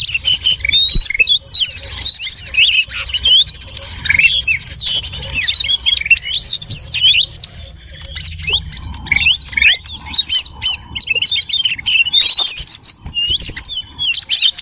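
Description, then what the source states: Many birds calling at once, a dense, noisy chorus of high chirps, squeaks and rapid twittering that rarely pauses, with sharp rising and falling notes throughout. Noisy bird sounds used as a lure (pikat) to attract birds.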